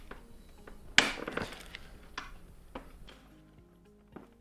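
Someone works around the edge of a plastic display panel cover on an LG refrigerator dispenser housing, pressing the remaining clips home. A loud, sharp plastic snap at 1.0 s is followed by fainter clicks and taps at about 1.3, 1.4, 1.8 and 2.2 s. The clips seat and the cover is snapped into place.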